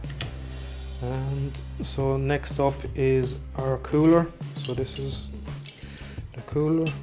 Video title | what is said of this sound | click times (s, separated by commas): Extreme Budget Gaming PC(New/Used parts) | So again, I'm just going to push down, you'll hear them click in. | 0.1 s, 0.2 s